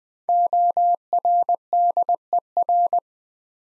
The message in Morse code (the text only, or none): ORDER